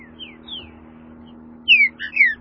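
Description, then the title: Green-winged saltator song, a few soft sliding whistles, then a few loud downward-slurred notes at the end, with a steady low hum beneath. "Trinca Ferro"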